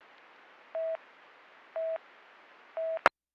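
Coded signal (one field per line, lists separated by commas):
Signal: none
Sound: police radio channel beeps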